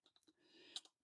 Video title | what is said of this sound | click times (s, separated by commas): HMD 110: How to remove rear cover, replace battery and add SIM cards and Micro SD cards | And then you just click that back into place. | 0.8 s